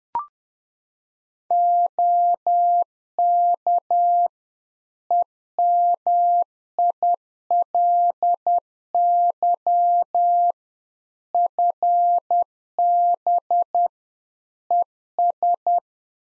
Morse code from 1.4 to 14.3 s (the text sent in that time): OK EMILY FB